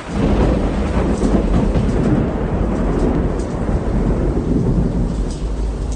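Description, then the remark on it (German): A raging thunderstorm at the harbour of Bastia: deep, continuous rumbling thunder rolls beneath steady heavy rain, loud and unbroken for the whole stretch with no voices. “Das Unwetter brach los mit aller Macht, als wir buchstäblich in letzter Sekunde den Hafen von Bastia erreichten.”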